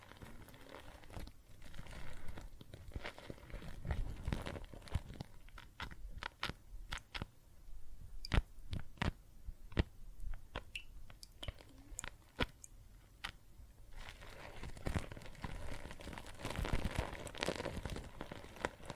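Soap foam and water make soft fizzing and crackling, with many sharp little pops scattered throughout, clustered most densely between about 6 and 13 seconds. Low wet swishing comes and goes underneath, swelling near 4 seconds and again from 15 seconds on.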